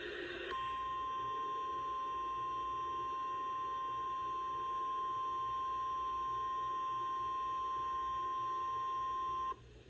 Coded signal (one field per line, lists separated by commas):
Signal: Emergency Alert System (SAME) tones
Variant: 1050 Hz attention tone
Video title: YELLOW MEDICINE? (L.S. EAS #107) Severe Thunderstorm Warning